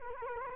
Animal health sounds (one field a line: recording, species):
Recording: mosquito wingbeat signal from an infrared sensor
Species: Culex quinquefasciatus